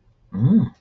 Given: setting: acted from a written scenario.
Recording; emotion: vocal sound without words; positive surprise